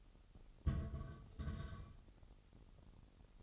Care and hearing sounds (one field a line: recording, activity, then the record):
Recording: daily activity, microphone in the room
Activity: place on stove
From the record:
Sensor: 4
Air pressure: 989.1 hPa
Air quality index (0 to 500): 210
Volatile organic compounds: 59 ppm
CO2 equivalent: 3409 ppm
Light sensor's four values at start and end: 29/98/36/38 and 29/98/36/38